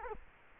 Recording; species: mosquito wingbeat signal from an infrared sensor; Culex quinquefasciatus